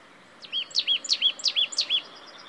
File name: Poecile palustris